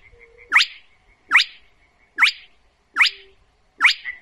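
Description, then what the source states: Spotted Crake repeating a short, whiplash 'whit' note five times. Filmed on a phone by ornithologist Michał Białek a dozen or so days earlier; the bird let him approach unusually close.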